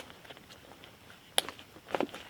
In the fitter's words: yeah clicked into position holds them in there better